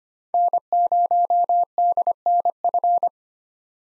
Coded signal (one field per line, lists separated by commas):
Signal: Morse code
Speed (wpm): 25 wpm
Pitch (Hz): 700 Hz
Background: none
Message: N0DNF